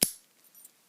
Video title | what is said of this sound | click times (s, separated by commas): Papaiz 4pin CR30 sppd.Just a quick one for you to watch whilst the kettle boils☕️Thank you | There's the key. Nice little click. | 0.0 s